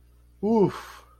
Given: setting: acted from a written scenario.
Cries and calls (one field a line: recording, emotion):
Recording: vocal sound without words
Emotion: realization